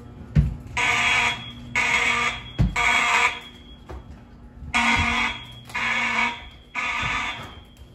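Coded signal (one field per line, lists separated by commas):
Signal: alarm pattern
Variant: mechanical fire alarm horns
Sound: harsh buzzing horn blasts in groups of three with pauses, echoing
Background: reverberant school hallway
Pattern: temporal three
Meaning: Temporal-three fire evacuation signal, here sounded as a test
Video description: The horn strobes chosen were Siemens U-HN mechanical horn strobes in the hallways (possibly Harrington rebrands) and wheelock MIZ-LSM horn strobes in the classrooms.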